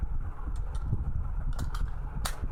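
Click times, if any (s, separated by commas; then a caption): 2.3 s. On a metal Javelin M4 CQB-R electric blowback airsoft replica whose bolt catch spring is missing, the bolt catch is lifted by hand and the charging handle pulled back. A few light metallic clicks come at about 1.5, 1.6 and 1.8 seconds over a low rumble. A loud sharp click at 2.3 seconds is the bolt catch locking the bolt open in the receiver.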